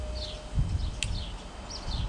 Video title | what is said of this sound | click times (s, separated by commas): It Was A Struggle Change the WIPERS on a Dodge Durango | basically this goes into here pull it backwards you hear it click | 1.0 s